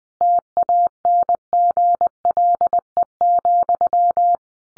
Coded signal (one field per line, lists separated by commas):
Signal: Morse code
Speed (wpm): 20 wpm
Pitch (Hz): 700 Hz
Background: none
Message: TANGLE,